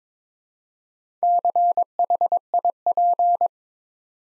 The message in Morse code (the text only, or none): CHIP